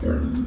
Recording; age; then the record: pig call; growing-finishing pig (85 days or more)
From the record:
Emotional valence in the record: negative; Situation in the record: barren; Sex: female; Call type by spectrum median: low-frequency call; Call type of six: low-frequency modulated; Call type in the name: low-frequency modulated, not sure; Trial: 3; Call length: 0.47 s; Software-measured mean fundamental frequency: 60 Hz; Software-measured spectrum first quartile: 88 Hz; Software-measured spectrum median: 207 Hz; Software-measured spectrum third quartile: 333 Hz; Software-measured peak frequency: 243 Hz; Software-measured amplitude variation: 125 dB a second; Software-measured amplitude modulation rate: 29.9 a second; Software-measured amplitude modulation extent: 4.2 dB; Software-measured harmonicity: 0.7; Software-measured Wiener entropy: -0.95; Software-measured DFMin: 1062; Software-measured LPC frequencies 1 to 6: 332, 1465, 2762, 3515, 4505, 5240 Hz